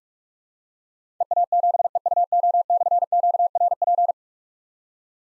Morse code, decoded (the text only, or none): EA7EUO/QRP